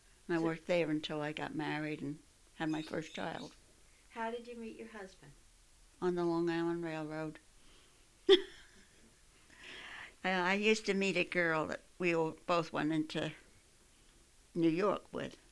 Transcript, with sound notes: and I worked there until I got married and had my first child.
How did you meet your husband?
On the Long Island Railroad. ( she laughs ) I used to meet a girl, we both went into New York with.